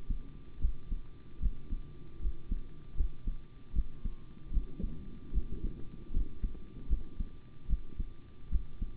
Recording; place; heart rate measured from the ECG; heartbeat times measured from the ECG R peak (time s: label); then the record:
heart sounds by stethoscope; between the tricuspid and mitral areas; 76 bpm
0.60 s: heartbeat
1.40 s: heartbeat
2.20 s: heartbeat
2.95 s: heartbeat
3.73 s: heartbeat
4.51 s: heartbeat
5.32 s: heartbeat
6.12 s: heartbeat
6.88 s: heartbeat
7.67 s: heartbeat
8.50 s: heartbeat
From the record:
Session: rest, sitting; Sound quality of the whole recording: good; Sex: male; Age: 25 years